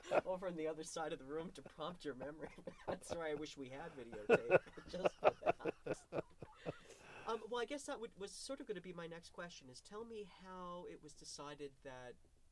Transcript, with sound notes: over on the other side of the room to prompt your memory. (they laugh) That's where I wish we had video tape, just for that. (they all laugh heartily) Well, I guess that would be, was sort of going to be my next question, is tell me how it was decided that